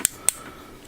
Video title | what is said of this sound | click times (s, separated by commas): Gi Joe Rise Of Cobra- Firefly Review | Make sure it clicks, though. | 0.3 s